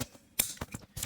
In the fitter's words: ये भी लग गई। और इसमें भी आपको टिक की आवाज़ आ गई, ये लॉक लग जाएंगे।